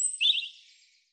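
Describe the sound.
European robin song fragment, a brief high twittering phrase with a thin whistle before it, fading out quickly.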